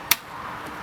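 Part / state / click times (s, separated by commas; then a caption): plastic bracket retainer into cowl grommet / seated / 0.1 s. A plastic bracket retainer is pressed into a cowl grommet on a 2007 Ford Mustang as part of a water leak fix, giving one sharp, bright snap at 0.1 s. The retainer seats firmly in place, and afterward only a low, steady background remains.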